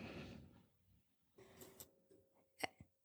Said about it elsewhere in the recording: She's 16. She has Tourette syndrome. Tourette syndrome is a neurological disorder where basically I can't control things I say or do such as you will hear popping, ticking, sniffling, coughing, and like lip trilling.